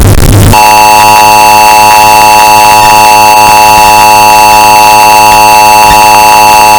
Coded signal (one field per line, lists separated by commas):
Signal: Emergency Alert System (SAME) tones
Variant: 853 and 960 Hz attention tone